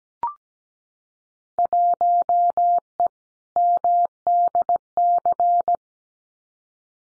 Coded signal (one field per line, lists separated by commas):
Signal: Morse code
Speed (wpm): 17 wpm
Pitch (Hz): 700 Hz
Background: none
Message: 1E MDC